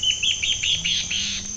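Bird calling in a quick run of high, sharp chipping notes that blur into a buzzy, rasping finish, with a faint low hum underneath.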